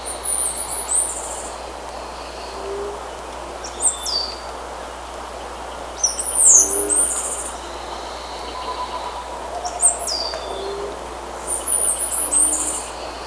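Bird calls, short high squeaky chirps in scattered bursts over a steady hiss, with faint low tones underneath.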